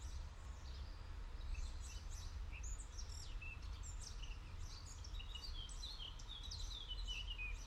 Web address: Tom Hutchings Europe France Paris City Park Early Morning Birds Distant Traffic